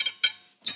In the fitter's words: press it in until it clicks and